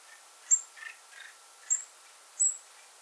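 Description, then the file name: Great tit calls: three sharp, very high thin notes, with a few softer, lower chirps between the first two over a quiet background. "Parus major"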